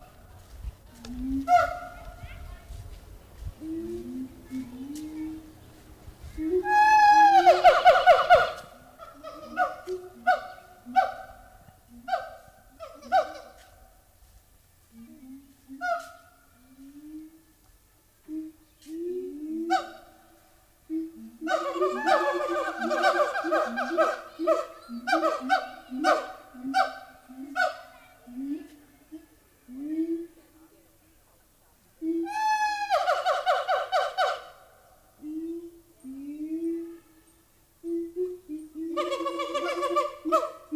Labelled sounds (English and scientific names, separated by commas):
Siamang (Symphalangus syndactylus)